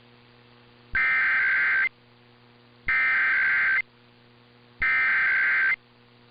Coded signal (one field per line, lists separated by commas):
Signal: Emergency Alert System (SAME) tones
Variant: header bursts